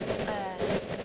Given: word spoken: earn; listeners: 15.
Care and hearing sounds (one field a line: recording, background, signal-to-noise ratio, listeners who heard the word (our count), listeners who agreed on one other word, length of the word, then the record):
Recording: one English word in noise, from a listening test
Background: noise modulated by three-talker babble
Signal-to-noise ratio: -5.6 dB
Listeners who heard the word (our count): 1 of 15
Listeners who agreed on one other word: 8 of 15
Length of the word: 0.65 s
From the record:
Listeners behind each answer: 8, 4, 1, 1, 1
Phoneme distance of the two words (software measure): 10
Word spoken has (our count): 1 syllable, 2 phonemes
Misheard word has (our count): 1 syllable, 2 phonemes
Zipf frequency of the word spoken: 4.36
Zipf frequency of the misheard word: 5.00